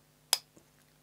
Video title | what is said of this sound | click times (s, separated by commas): Sabrent NVMe SSD Enclosures Review | the button clicks back into place and you've got a really compact | 0.3 s